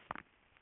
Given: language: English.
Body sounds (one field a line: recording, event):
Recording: throat vibration sensor signal played as sound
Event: swallow